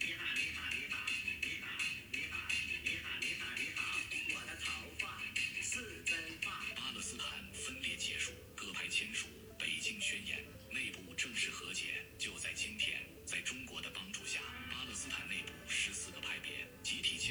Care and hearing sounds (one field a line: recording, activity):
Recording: daily activity, guitar pickup as the sensor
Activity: browse video